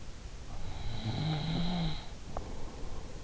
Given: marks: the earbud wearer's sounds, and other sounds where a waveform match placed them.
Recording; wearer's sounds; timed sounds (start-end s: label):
sounds in sleep by an in-ear microphone; snoring breath
0.35-3.15 s: snoring breath